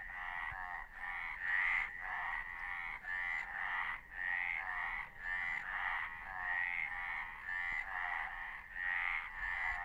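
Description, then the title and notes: Chorus of frogs giving rapid, rattling croaks that overlap continuously, swelling and fading in loudness in waves. Frogs described as laughing; at night between midnight and one o'clock on the heights of Carbuta, 17 March 2015. "Le rane che ridono. sulle alture di Carbuta"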